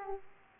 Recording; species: mosquito wingbeat signal from an infrared sensor; Aedes aegypti